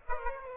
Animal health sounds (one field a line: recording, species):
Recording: mosquito wingbeat signal from an infrared sensor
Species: Aedes aegypti